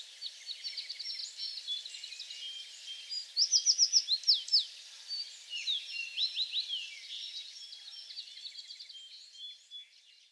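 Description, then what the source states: American tree sparrow songs, high jingling phrases of quick slurred notes, one loud run near the middle, fading toward the end. Songs on 28 April 2022.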